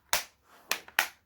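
The plastic bottom panel of an Acer Nitro 5 gaming laptop is pressed along its edges so the remaining clips snap home into the chassis. Sharp snaps come at 0.1 s, 0.7 s and 1.0 s, with a fainter tick just before the last one. The cover clips are seated.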